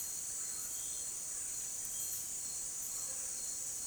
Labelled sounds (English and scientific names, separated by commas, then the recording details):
none
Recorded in dense forest near Puerto Asís, Putumayo, Colombia, on 22 June 2025 at 17:30
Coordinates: 0.484, -76.325
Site H65